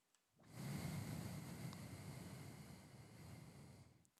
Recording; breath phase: one breath near a microphone; exhalation